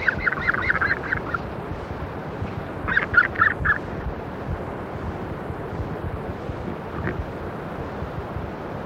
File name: Southern Royal Albatross